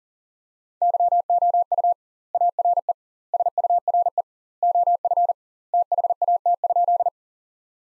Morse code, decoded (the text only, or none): YOU ARE SURE OF THAT?